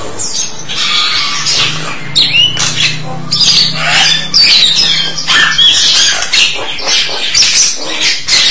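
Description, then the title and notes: Starling pouring out a jumble of squeaks, grating notes and rising whistles, with a low hum for much. "suara burung jalak"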